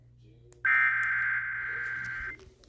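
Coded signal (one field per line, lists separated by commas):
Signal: Emergency Alert System (SAME) tones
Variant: header bursts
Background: speech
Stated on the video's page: Special marine warning alert tones in Hawaii.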